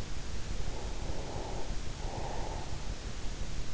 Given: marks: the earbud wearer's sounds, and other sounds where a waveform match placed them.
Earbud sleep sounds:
sounds in sleep by an in-ear microphone; breath
0.38-3.24 s: breath

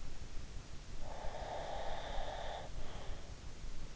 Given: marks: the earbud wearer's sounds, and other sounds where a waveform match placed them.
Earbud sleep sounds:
sounds in sleep by an in-ear microphone; breath
1.04-3.18 s: breath

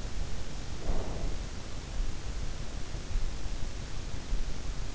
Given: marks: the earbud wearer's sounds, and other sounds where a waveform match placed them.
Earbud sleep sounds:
sounds in sleep by an in-ear microphone; breath
0.36-1.79 s: breath

